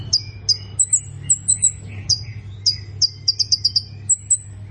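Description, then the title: Plain prinia calling with scattered high sharp chirps and thin whistles, then a short rapid burst of ticks, over a steady low background hum. "Ciblek Sawah"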